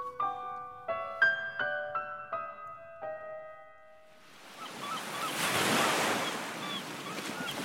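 A few bright, ringing melodic notes give way to the broad hissing rush of sea waves breaking on a beach, swelling to a loud peak before washing back.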